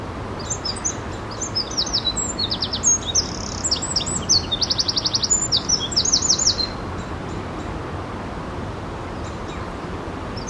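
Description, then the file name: Eurasian wren delivering an energetic burst of shrill notes and rapid trills for about six seconds, then falling silent, leaving only a soft rushing background noise. "Troglodytes troglodytes"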